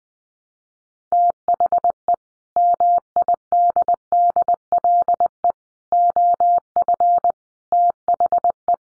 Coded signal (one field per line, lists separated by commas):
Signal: Morse code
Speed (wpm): 20 wpm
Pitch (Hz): 700 Hz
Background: none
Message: THE MIDDLE OF THE